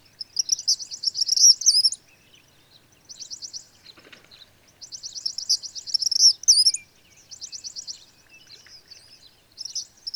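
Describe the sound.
Bird song: high buzzy trilled phrases with sharp whistled notes, in several bursts with short pauses between.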